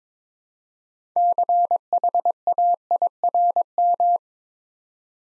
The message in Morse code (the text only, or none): CHAIRM